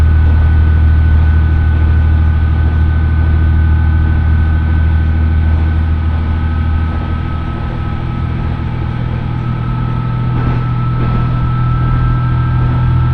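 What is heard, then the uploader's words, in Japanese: Aboard the first Oito Line train leaving Itoigawa for Minami-Otari, a steady low engine drone rumbles on with faint whining tones above. 耳で楽しむ鉄道旅 大糸線 糸魚川→平岩。糸魚川を出る大糸線の始発列車で南小谷へと向かいます。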